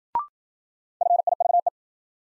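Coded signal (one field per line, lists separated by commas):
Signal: Morse code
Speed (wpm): 52 wpm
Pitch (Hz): 700 Hz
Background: none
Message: FIVE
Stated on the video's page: Morse new-word drill at 55 wpm: each word sent in Morse, spoken, then sent again, for head-copy practice.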